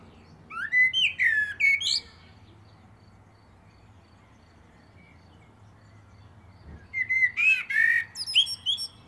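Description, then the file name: Common blackbird song with two phrases, each made of rich fluted whistles followed by high squeaky flourishes, and a long quiet gap between them. "Turdus merula"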